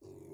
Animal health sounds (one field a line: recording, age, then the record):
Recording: pig call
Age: weaner (32 to 43 days)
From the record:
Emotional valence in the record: negative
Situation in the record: restrain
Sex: male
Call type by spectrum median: low-frequency call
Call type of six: low-frequency stable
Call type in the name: low-frequency stable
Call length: 0.34 s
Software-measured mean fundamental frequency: 53 Hz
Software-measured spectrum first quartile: 266 Hz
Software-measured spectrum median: 382 Hz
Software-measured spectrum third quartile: 658 Hz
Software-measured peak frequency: 384 Hz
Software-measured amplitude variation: 183 dB a second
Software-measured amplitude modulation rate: 28.0 a second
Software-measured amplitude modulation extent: 6.5 dB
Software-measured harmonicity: 4.6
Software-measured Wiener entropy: -0.09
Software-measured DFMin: 1449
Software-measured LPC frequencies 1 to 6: 375, 848, 2197, 3842, 4649, 5547 Hz